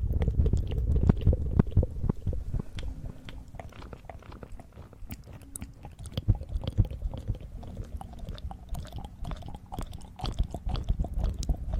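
Eating sugar and aloe vera gel ear massage: dense, irregular crunchy chewing clicks and wet smacks over a low rumble, busiest at the start.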